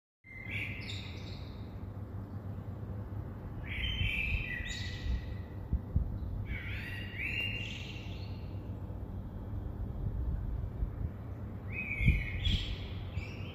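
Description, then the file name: Common blackbird giving four short, high, squeaky phrases at irregular intervals over a constant low rumbling background noise. "Turdus merula"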